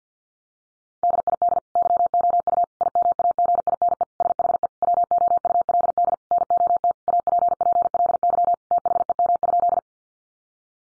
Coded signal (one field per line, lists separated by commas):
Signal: Morse code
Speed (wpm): 50 wpm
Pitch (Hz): 700 Hz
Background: none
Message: DID YOU IMAGINE SHE WOULD NOT APPLY THEM?